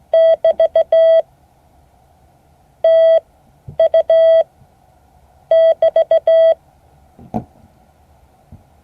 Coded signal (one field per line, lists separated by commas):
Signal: Morse code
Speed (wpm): 16 wpm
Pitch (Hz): 650 Hz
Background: none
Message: <BT> TU <BT>